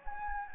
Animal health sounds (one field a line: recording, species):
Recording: mosquito wingbeat signal from an infrared sensor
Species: Anopheles gambiae